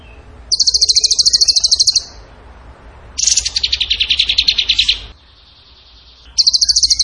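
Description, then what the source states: Bird singing loud, rapid high trills; a long, slightly descending buzzy trill sits between two level ones, with a faint thin whistle in a gap. Vigorous (gacor) singing in the tembakan style, used in masteran training.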